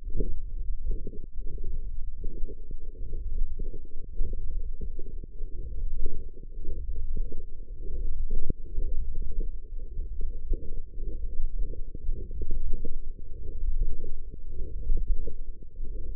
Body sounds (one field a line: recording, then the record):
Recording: forearm muscle sounds (acoustic myography)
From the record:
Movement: forearm supination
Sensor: system 1, eight BSWA MPA416 microphones around the upper forearm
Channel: 6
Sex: male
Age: 23 years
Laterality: right